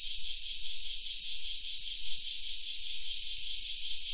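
Cicada song, a continuous high buzzing drone with a rapid, regular pulse throughout and no other clear sounds.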